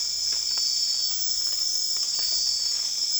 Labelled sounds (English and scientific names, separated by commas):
none